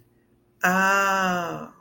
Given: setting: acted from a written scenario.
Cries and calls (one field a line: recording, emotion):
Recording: vocal sound without words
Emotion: realization